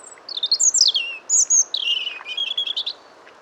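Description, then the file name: European robin song: a continuous run of high, thin, tinkling notes sliding down and up, several clear whistles mid-phrase, ending in quick twittering; faint low background hiss. "Erithacus rubecula"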